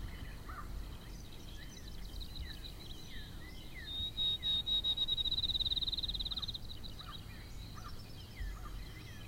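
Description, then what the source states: Sparrow chirps: short downslurred notes scattered throughout, over a high, fast insect-like trill in the middle and a steady low rumble. Field recording.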